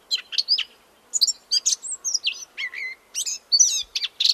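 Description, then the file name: Eurasian blackcap giving a brisk, varied warble of sharp chirps and short slurred whistles, in close succession with tiny gaps. "Sylvia atricapilla"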